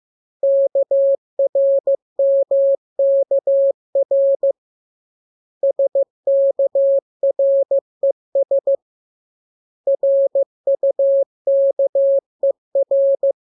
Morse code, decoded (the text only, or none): KRMKR SKRES RUKER